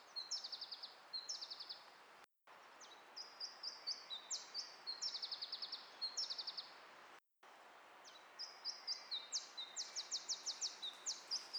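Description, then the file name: Iberian chiffchaff singing phrases of high, clear notes that begin measured and end in a faster run, against a faint background hiss. "iberischer zilpzalp"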